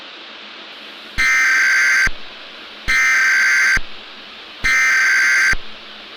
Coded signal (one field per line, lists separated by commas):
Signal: Emergency Alert System (SAME) tones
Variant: header bursts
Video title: THE WARDEN - EAS SCENARIO / ANALOG HORROR